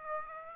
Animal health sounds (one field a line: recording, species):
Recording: mosquito wingbeat signal from an infrared sensor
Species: Aedes aegypti